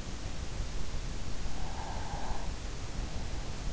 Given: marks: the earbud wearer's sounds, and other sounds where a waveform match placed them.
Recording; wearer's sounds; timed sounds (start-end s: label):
sounds in sleep by an in-ear microphone; breath
0.98-3.04 s: breath